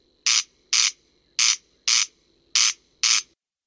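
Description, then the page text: Corn crake giving harsh, ratchety paired notes, three doublets in quick succession, then silence at the end. Played back; playback recording for breeding-season surveys in France; species of alluvial hay meadows in the breeding period. "Râle des genêts"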